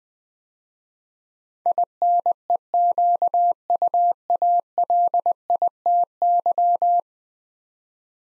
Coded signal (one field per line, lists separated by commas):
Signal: Morse code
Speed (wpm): 20 wpm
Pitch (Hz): 700 Hz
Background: none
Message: INEQUALITY